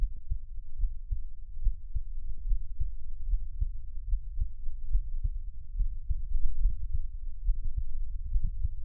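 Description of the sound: Repeated low, muffled thumps sound steadily throughout, with a dull rumbling body noise underneath and no talking. This is an adult's own heartbeat heard close to the chest, offered as Taiwanese ASMR for relaxation listening.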